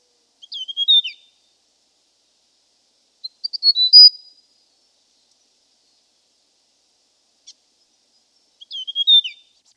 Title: prenjk gnung. Suara burung prenjak gunung